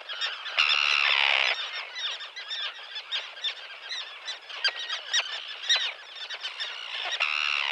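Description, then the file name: Common tern giving a loud, harsh call lasting about a second, over a continuous chorus of short, sharp, scratchy calls, with another harsh call at the end. "dan gibsons solitudes common tern"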